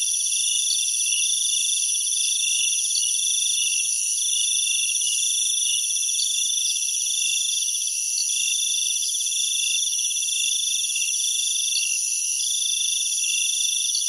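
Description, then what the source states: Insect chorus at night, a constant high-pitched whirring wall of sound with rapid pulsed trills. Jungle insects at night in Thailand.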